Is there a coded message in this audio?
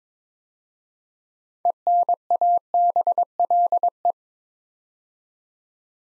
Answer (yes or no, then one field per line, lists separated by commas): yes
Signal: Morse code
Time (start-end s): 1.6-4.1 s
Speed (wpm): 22 wpm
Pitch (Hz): 700 Hz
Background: none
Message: ENABLE